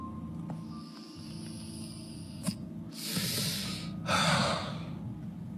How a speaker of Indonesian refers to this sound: Pak Kuswara menyulut rokoknya, menarik nafas cukup panjang dan mengembuskan dengan nafas yang kurasa bercampur dengan rasa keluh